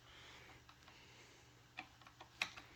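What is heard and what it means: A click-type torque wrench set to 17 Nm slowly tightens a Scott's steering stabilizer sub-mount bolt on a 2022 Husqvarna FE 350s, working back and forth between sides. A few soft ratcheting ticks come at about 1.8, 2.1 and 2.2 seconds. The wrench then gives a sharp, louder click at 2.4 seconds, showing the bolt has reached its torque setting.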